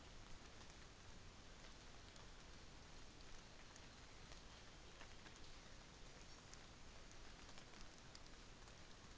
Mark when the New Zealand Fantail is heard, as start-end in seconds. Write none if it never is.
none